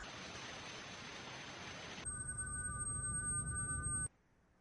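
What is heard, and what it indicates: Simulated tinnitus from a device: about two seconds of broad hissing, then a steady high-pitched ringing with fainter lower tones over a low rumble, representing the permanent buzzing in the ear that some people hear all day.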